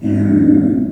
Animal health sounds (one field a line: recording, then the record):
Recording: squeal of a Yucatan mini pig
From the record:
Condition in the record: after surgery on the right vocal fold (resection and tissue-engineered implant)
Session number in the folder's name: 4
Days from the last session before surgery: 26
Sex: female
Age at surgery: 19 weeks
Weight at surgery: 25 kg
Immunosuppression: prednisolone